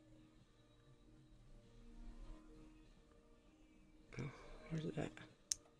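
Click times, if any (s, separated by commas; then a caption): 5.5 s. A threaded metal component is turned backwards into a Dinair airbrush body after it was binding, until the thread start drops in with a single sharp click at 5.5 s and the part is seated. Before that, someone talks over quiet handling noise and a few soft rustles.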